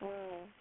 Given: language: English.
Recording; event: throat vibration sensor signal played as sound; speech